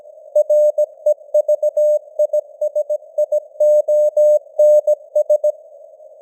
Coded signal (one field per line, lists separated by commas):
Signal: Morse code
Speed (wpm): 17 wpm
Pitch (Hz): 600 Hz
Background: none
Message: REVISIONS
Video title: Morse Code News | 2025-11-23 | 17wpm